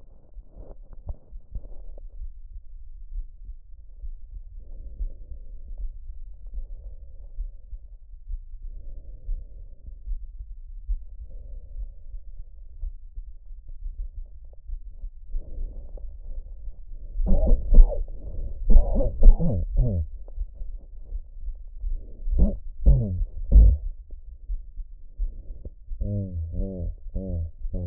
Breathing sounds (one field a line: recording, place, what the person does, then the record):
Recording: lung sounds by stethoscope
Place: trachea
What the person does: quiet breathing, then cough and speech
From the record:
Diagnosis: none (healthy)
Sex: male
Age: 34 years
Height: 174 cm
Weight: 93 kg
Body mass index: 30.7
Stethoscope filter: extended mode